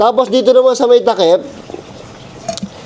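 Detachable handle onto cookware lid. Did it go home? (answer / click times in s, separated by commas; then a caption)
yes / 2.5 s, 2.6 s. Someone talks for the first second and a half, then a detachable handle is attached onto a cookware lid, with two close clicks at 2.5 s and 2.6 s as it seats. It locks onto the lid the same way it did before.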